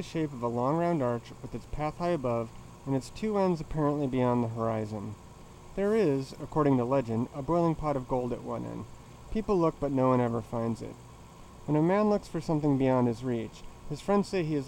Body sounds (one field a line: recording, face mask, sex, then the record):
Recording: reading aloud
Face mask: surgical mask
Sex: male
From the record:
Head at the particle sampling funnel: tilted down, bridge of the nose in front of it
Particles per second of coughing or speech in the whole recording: 1.81